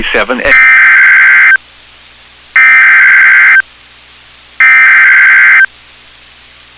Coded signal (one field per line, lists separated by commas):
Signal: Emergency Alert System (SAME) tones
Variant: header bursts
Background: speech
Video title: [EAS Compilation] Severe Thunderstorm Warnings With on NOAA Weather Radio WXM99 August 28 2022